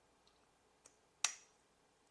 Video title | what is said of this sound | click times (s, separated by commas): Stephane Humbert Lucas God Of Fire Fragrance Review - Best Fragrance Of 2022 | snaps into place | 1.2 s